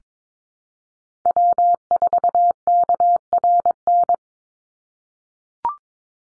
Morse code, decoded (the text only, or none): W4KRN